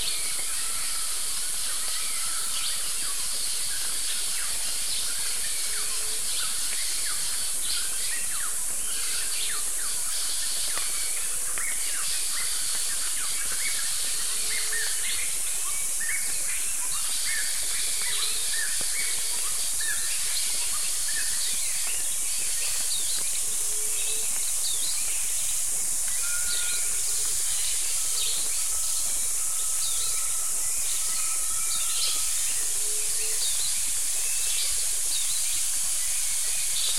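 Wet jungle ambience with a steady high insect hiss, scattered bird calls and short whistles throughout, and occasional brief louder notes.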